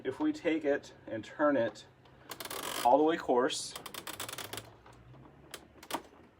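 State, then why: Released. Someone talks as the plastic bean hopper of a Baratza burr coffee grinder is turned all the way to the coarsest setting. A series of quick detent ticks builds up to a final click at 5.9 s. The hopper then pops free of the grinder body so it can be removed for cleaning.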